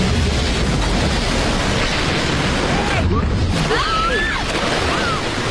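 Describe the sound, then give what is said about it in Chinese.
A temporarily built glass stage suddenly bursts and shatters as the whole theater collapses in a loud, continuous roar of crashing debris. Thin, wavering shrill cries rise faintly above the rumble toward the end. “临时搭建的玻璃舞台突然发生爆裂，导致整个剧院彻底倒塌。”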